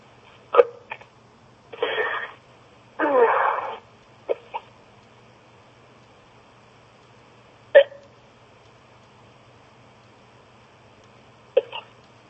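An adult woman hiccups repeatedly over a phone line: short, sharp hiccups at irregular intervals, with a couple of longer noisy bursts between them.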